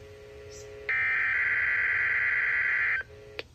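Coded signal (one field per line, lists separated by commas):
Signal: Emergency Alert System (SAME) tones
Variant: header bursts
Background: speech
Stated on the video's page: Required weekly test on NOAA weather radio station WXL46, issued Thursday instead of Wednesday because of possible severe weather.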